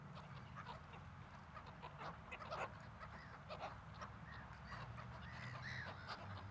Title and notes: Seagulls. You went to the waterfront to meditate on Saturday